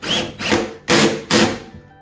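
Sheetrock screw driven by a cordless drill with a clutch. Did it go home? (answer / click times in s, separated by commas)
partly / none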